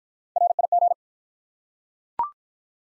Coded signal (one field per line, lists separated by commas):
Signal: Morse code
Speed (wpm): 44 wpm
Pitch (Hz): 700 Hz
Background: none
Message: RIG